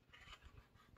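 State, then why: Not seated. A handgun is being slid back into a plastic paddle-style retention holster worn outside the waistband, with a retention latch. Only quiet, soft handling rustles and scrapes are heard, swelling slightly toward the end. Nothing has seated or clicked yet; the clip ends just before the gun locks into place.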